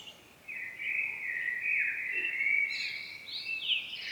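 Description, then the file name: Common blackbird: one drawn-out, even-pitched warbling phrase that ends in a few higher, sharper notes. "Turdus merula"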